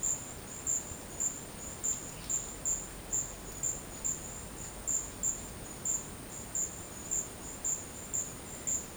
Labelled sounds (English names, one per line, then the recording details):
none
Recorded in dense forest near Puerto Asís, Putumayo, Colombia, on 19 March 2025 at 12:30
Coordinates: 0.500, -76.322
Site GP06